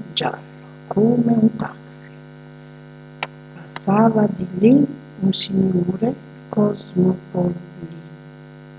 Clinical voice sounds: read passage; Italian; female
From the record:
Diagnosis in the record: healthy control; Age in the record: 62 years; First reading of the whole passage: 101 s, 4.7 characters per second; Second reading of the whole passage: 77 s, 5.9 characters per second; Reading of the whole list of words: 66 s, 3.9 characters per second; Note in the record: marked for poor recording quality or reading difficulty

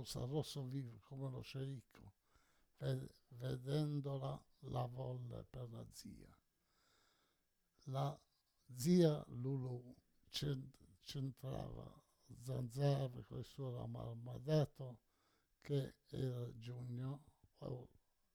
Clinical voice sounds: read passage; Italian; male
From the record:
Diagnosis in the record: Parkinson's disease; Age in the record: 68 years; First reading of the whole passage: 84 s, 6.2 characters per second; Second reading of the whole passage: 63 s, 8.2 characters per second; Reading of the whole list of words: 57 s, 5.0 characters per second

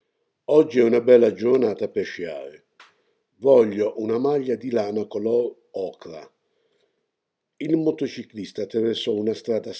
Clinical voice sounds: read phrases; Italian; male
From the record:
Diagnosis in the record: healthy control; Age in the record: 68 years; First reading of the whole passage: 59 s, 8.7 characters per second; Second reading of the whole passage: 51 s, 9.9 characters per second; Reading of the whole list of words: 42 s, 6.7 characters per second

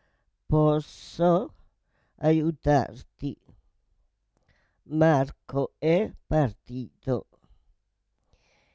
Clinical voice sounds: read phrases; Italian; female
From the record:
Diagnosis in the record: Parkinson's disease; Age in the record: 78 years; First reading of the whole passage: 164 s, 3.2 characters per second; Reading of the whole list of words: 108 s, 2.6 characters per second

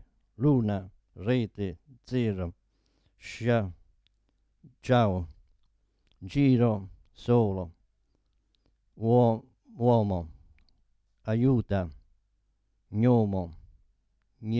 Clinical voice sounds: read list of words; Italian; male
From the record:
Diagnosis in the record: Parkinson's disease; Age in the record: 72 years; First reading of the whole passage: 118 s, 4.4 characters per second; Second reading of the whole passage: 99 s, 5.2 characters per second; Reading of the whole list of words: 88 s, 3.2 characters per second

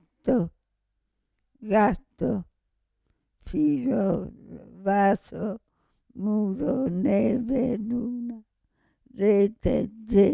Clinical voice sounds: read list of words; Italian; female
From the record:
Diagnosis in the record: Parkinson's disease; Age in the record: 65 years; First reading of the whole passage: 242 s, 2.1 characters per second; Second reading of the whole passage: 180 s, 2.9 characters per second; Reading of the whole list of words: 168 s, 1.7 characters per second

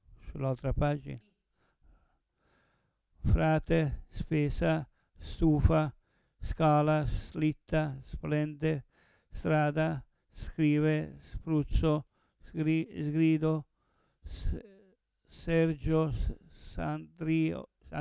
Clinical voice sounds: read list of words; Italian; male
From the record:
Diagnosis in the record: Parkinson's disease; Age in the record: 70 years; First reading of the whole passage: 112 s, 4.6 characters per second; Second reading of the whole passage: 107 s, 4.9 characters per second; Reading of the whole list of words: 68 s, 4.1 characters per second

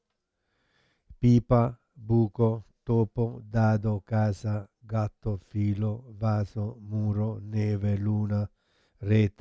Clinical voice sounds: read list of words; Italian; male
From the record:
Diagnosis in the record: Parkinson's disease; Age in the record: 71 years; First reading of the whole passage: 50 s, 10.4 characters per second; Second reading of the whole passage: 45 s, 11.4 characters per second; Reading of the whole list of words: 37 s, 7.6 characters per second

